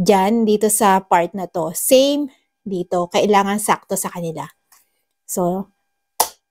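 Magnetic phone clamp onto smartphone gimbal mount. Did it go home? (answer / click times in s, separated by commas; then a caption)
yes / 6.2 s. A magnetic phone clamp is lined up with the notches on a DJI Osmo Mobile SE smartphone gimbal's mount and pressed on while someone talks. A sharp, loud click sounds at 6.2 s as the clamp seats correctly on the gimbal.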